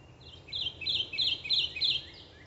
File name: Kentucky Warbler - Geothlypis formosa